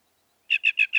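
Northern mockingbird giving a short burst of four repeated buzzy notes after a moment of silence.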